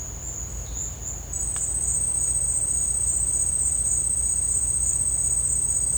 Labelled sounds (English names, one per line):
none